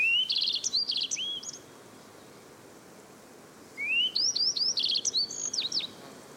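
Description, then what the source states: Yellow-browed bunting song: two short phrases of high, sweet notes, each opening with a rising slur followed by quick chirps, separated by about two seconds of quiet. Vagrant in the Drenthe village of Bunne last week, probably lost on autumn migration; breeds in East Siberian taiga, usually winters in China; sings like a Chinese nightingale.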